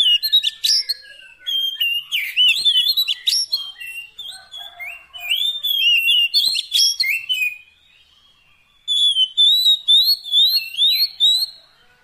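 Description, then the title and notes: Oriental magpie-robin song: varied loud whistled phrases with rising and falling slurs, mixed with sharp chattering notes, a short pause near the eighth second, then fluid whistles resume. Long-duration fill-in (isian) training track of magpie-robin song, meant to make the bird sing energetically (gacor) day and night. "Kacer Jadi Gacor Siang Malam. Isian Kacer Durasi Panjang"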